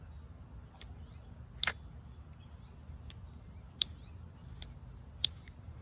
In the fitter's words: if you guys can't tell with that there's a little click when i feel when i'm flipping the bale